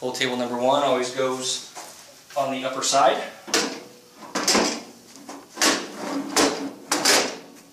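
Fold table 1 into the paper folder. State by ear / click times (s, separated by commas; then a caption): seated / 6.9 s. Fold table number 1, a plastic and metal plate longer than fold table number 2, is fitted onto the upper side of a Martin Yale Mark VII paper folder while someone talks. A few handling knocks come first, then a sharp snap at 6.9 s as the table seats into place.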